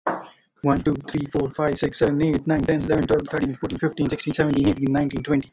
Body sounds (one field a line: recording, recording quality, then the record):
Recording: counting at a fast pace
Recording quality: excellent, no background noise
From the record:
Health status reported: healthy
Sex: male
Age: 23 years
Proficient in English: yes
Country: India